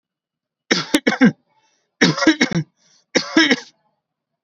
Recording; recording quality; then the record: heavy voluntary cough; excellent, no background noise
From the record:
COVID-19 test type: RT-PCR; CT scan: not taken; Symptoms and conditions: none ticked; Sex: male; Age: 29 years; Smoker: no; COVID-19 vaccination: both doses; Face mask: worn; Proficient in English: yes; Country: India